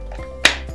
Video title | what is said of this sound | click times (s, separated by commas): Getting Started with the Barktec Ultrasonic Dog Training Anti-Bark Device - eDog Australia | simply take the battery cover again and slide it over the top clicking it in place | 0.4 s